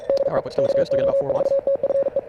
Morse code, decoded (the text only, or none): DE KO4TFE